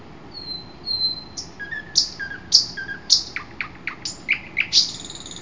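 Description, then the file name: Common nightingale song with soft whistled notes, then loud sharp downslurred chips at an uneven pace, ending in a high buzzy rattle. Recorded 12 June 2008. "nightingale-080612"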